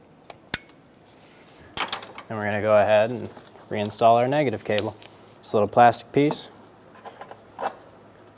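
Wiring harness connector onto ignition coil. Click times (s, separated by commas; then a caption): 0.5 s. A wiring harness connector is pushed onto an ignition coil on a 2012-2016 Subaru Impreza and latches with a sharp click at 0.5 s, seating it. A few light clattering taps follow around 1.8 to 2.2 s and again near 7.2 to 7.3 s, while someone talks.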